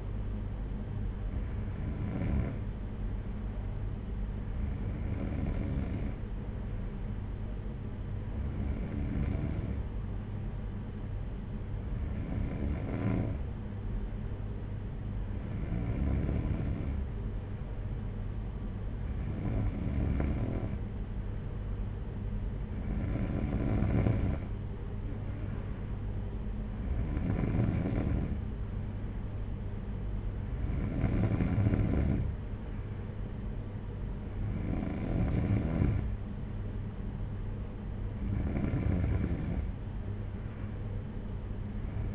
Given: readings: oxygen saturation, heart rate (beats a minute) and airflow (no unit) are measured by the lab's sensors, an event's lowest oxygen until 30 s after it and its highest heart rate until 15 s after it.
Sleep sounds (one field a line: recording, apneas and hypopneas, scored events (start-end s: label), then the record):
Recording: breathing in sleep by a smartphone at the bedside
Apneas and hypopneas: none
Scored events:
none scored
From the record:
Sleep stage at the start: N2 (light sleep)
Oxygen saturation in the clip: 93 to 94%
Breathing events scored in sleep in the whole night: 226 in 8.8 hours asleep